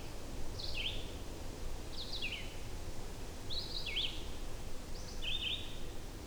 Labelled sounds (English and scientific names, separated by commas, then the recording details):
Red-eyed Vireo (Vireo olivaceus) song
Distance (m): 15 m
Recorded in boreal forest in Alberta, Canada, on 21 June 2016 at 08:50
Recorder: SongMeter 3, array SBT-6-76
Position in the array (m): 180 m, 88 m